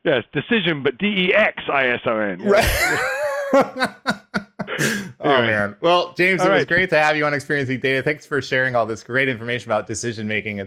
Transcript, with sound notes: Yes, decision, but D-E-X-I-S-O-N..
[laugh] Well, James, it was great to have you on Experiencing Data. Thanks for sharing all this great information about decision-making.